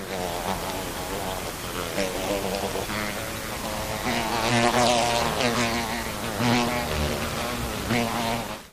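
Fly buzzing throughout, a droning hum that wavers in pitch and swells louder in the middle.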